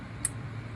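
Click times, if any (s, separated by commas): 0.2 s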